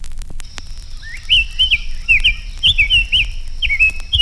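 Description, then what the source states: Summer Tanager song: smooth, flowing whistled phrases gliding up and down in quick succession, with a steady faint high hum behind. Song flows more smoothly than a robin's, with more definite song patterns.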